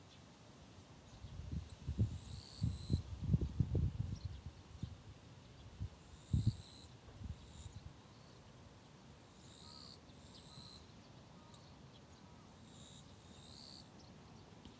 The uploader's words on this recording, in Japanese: 松江市 #Matsue #chirp #河原の虫の音。